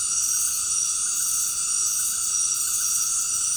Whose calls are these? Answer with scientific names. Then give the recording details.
none. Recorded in secondary vegetation near Puerto Asís, Putumayo, Colombia, on 19 February 2024 at 19:30. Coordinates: 0.468, -76.324. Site G6381